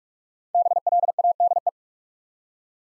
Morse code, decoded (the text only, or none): BLADE